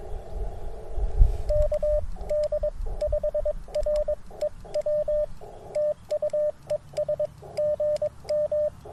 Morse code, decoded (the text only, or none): KD5REW TU ES GM